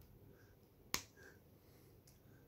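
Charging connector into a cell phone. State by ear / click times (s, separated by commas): seated / 0.9 s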